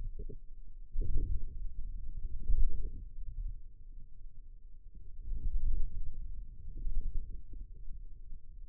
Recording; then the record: forearm muscle sounds (acoustic myography)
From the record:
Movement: inward rotation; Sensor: system 2, bracelet of six BSWA MPA416 microphones around the upper forearm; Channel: 4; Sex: male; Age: 22 years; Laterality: right